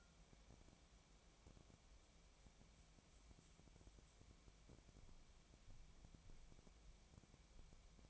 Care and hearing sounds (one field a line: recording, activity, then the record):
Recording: daily activity, microphone in the room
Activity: wipe stove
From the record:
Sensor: 1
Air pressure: 1000.5 hPa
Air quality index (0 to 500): 183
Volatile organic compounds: 4 ppm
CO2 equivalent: 1687 ppm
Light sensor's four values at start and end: 12/29/12/14 and 12/29/12/14